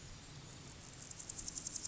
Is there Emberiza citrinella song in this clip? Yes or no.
no